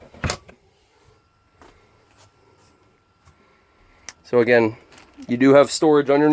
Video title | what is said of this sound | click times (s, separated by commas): 2017 Northern Lite 10'2 EX CD SE 4 Season Truck Camper @ Camp-Out RV in Stratford | then when you want to close it you just push it bring it back and it all Clips in | 0.2 s, 0.3 s